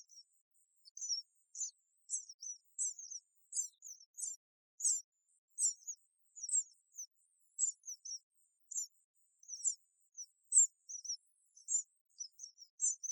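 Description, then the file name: House sparrow chirping: a long, steady run of sharp, high chirps with brief gaps. "Passer domesticus"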